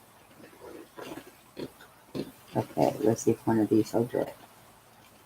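Square resin drills are handled over an adhesive diamond-painting canvas, where a click would mean a drill is going into place as it should. Someone talks throughout, with a few brief soft taps. Nothing has seated or clicked yet.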